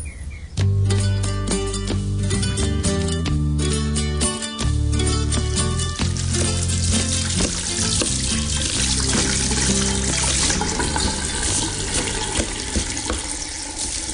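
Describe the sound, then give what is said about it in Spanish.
Dirty water runs from a tap in a steady, continuous rush with a trickling, splashing texture, mixed with tonal humming layers. It stays fairly loud throughout, and no one speaks. “Ay, pero ¿qué es esta agua tan sucia? Esto nunca había pasado.”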